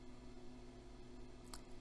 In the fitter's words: using our new retaining clips we slide them onto the back of the thermostat press them forward until you hear a click